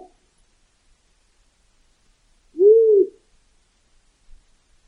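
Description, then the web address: Bird giving a single smooth hooting note that arches up and then falls, about half a second long, with near silence before and after. Recorded in Alaska on 9 August 2013. "alaska acoustic highlights"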